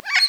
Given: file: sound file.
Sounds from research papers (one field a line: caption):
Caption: train of begging notes by a female Lilac-crowned Amazon to the male.